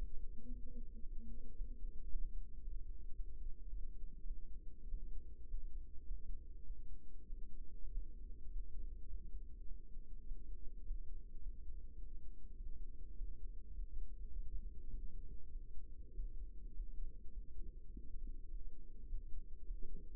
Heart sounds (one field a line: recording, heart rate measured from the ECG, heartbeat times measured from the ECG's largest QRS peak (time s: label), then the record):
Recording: heart sounds by microphone in the right ear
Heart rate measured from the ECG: 103 bpm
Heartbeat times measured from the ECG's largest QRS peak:
0.47 s: heartbeat
1.00 s: heartbeat
1.55 s: heartbeat
2.09 s: heartbeat
2.61 s: heartbeat
3.13 s: heartbeat
3.67 s: heartbeat
4.24 s: heartbeat
4.87 s: heartbeat
5.48 s: heartbeat
6.04 s: heartbeat
6.63 s: heartbeat
7.26 s: heartbeat
7.90 s: heartbeat
8.49 s: heartbeat
9.06 s: heartbeat
9.64 s: heartbeat
10.24 s: heartbeat
10.84 s: heartbeat
11.40 s: heartbeat
11.95 s: heartbeat
12.54 s: heartbeat
13.15 s: heartbeat
13.73 s: heartbeat
14.29 s: heartbeat
14.87 s: heartbeat
15.48 s: heartbeat
16.13 s: heartbeat
16.73 s: heartbeat
17.30 s: heartbeat
17.87 s: heartbeat
18.47 s: heartbeat
19.07 s: heartbeat
19.64 s: heartbeat
From the record:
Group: healthy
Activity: rest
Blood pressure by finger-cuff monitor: 115/60 mmHg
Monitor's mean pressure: 76 mmHg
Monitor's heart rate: 104 bpm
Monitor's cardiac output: 8.3 L/min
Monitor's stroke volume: 79 mL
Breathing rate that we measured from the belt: 21 breaths a minute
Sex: male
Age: 22 years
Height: 181 cm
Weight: 60 kg